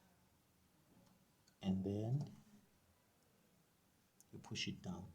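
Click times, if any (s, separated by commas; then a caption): none. A memory module is lined up with the notch on the memory slot of a Lenovo IBM 8212 motherboard before being pushed down. Someone talks, with faint handling ticks at about 1.5 s and 4.2 s. The module has not seated or clicked yet.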